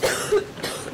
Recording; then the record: coughing mixed with background sound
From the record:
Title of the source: 30 Chesty and wet cough